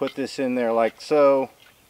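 A part, either the blade or a frame piece, is placed into the frame of a 21-inch folding bow saw while someone talks. The clip ends before the part is pushed forward to lock, so nothing has seated or clicked yet.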